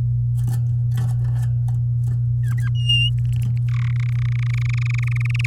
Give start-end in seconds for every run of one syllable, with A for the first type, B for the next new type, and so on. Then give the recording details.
2.43-2.69 A, 2.75-3.10 B, 3.18-3.58 C, 3.68-3.91 D, 3.92-5.46 E. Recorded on 6 May 2018 at 05:36. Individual llb16